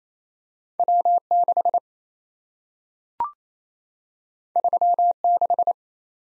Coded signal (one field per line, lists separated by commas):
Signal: Morse code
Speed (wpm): 27 wpm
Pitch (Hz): 700 Hz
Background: none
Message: W6 36